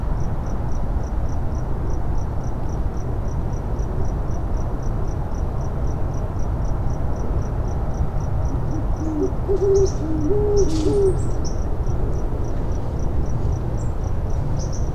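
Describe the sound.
Great horned owl hooting, a short cluster of low, soft hoots midway through, over steady rumbling background noise and a regular high insect pulse.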